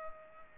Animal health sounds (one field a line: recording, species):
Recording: mosquito wingbeat signal from an infrared sensor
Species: Culex pipiens